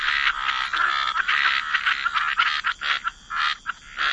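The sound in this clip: Frog chorus of many overlapping raspy croaks, dense and continuous at first, then breaking into shorter separate bursts, over a faint steady high-pitched hum.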